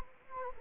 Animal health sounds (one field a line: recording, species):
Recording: mosquito wingbeat signal from an infrared sensor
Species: Anopheles gambiae